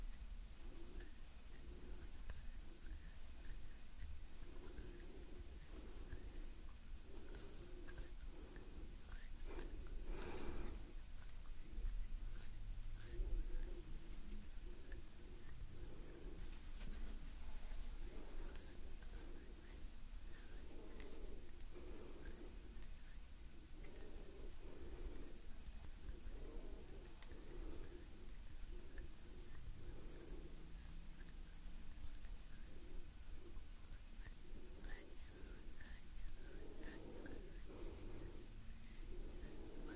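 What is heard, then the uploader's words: Soft hand movements and rustling repeat in gentle swells with quiet breathing beneath, over a steady low hum, with a brief louder brush near ten seconds. Gentle Hand Sounds Movements & Breathing.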